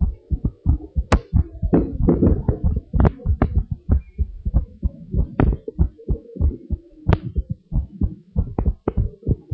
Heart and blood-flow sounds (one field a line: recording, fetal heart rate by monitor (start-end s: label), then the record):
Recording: heart sounds of a pregnant woman by stethoscope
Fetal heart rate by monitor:
no fetal heartbeat
From the record:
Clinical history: preeclampsia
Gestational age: 32 weeks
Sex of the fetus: boy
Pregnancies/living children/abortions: 3/1/1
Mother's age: 30 years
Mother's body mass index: 25.7